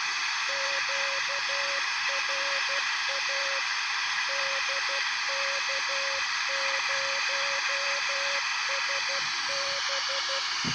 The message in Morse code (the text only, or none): QRA DK0SB